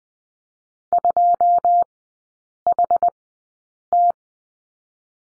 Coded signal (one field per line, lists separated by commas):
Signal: Morse code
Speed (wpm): 20 wpm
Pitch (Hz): 700 Hz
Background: none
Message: 2HT